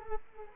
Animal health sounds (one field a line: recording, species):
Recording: mosquito wingbeat signal from an infrared sensor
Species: Culex quinquefasciatus